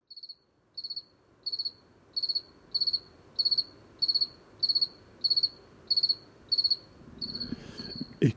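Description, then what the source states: Two-spotted cricket chirping in short pulsed bursts at a steady rate, then a rustle and a sharp knock as the last chirps continue. One cricket singing late in the season in a small village street at 420 m altitude, Luc-en-Diois, on 21 October after 8 pm, on a mild night.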